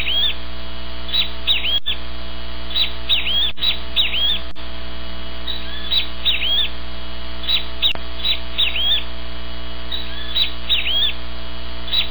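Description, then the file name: Great kiskadee calling in loud, ringing two- and three-note phrases repeated every second or two, with a constant low background hum and a few sharp clicks. "Bem te vi"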